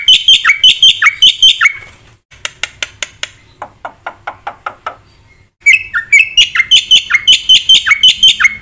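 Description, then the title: Black-winged myna pouring out rapid repeated whistled-buzzy phrases, a run of sharp dry clicks, then more fast ringing phrases. Jalak putih song recording for bird training (masteran), used for lure (pancingan) and masteran, full of rapid fill-ins (isian cepat), bird singing energetically (gacor). "Pasti Nyautsuara Burung Jalak Putih Gacor Full Isian Cepat Untuk PANCINGAN Dan MASTERAN. Gacor Untuk Masterran"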